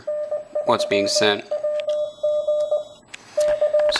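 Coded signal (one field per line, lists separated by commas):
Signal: Morse code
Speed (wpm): 20 wpm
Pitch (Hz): 600 Hz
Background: speech, radio noise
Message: N3WG K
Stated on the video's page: CW generated by logging software through a 4S-Link device.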